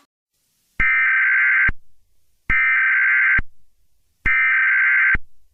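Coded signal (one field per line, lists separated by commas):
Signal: Emergency Alert System (SAME) tones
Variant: header bursts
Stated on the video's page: Fictional Among Us-themed EAS scenario, a simulated alert.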